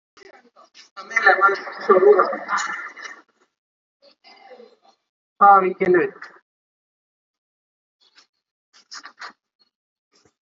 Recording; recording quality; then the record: counting at a fast pace; moderate, slight background noise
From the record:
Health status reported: healthy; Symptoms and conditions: none ticked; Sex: male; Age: 26 years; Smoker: not ticked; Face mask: not worn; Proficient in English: yes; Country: India